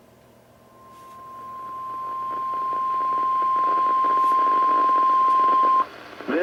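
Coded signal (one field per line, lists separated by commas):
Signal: Emergency Alert System (SAME) tones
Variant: 1050 Hz attention tone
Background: speech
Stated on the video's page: NOAA Weather Radio SAME alerts, severe thunderstorm warnings issued by NWS Sterling, on 162.550 (Independent Hill, VA) and 162.400 (Pikesville, MD) transmitters.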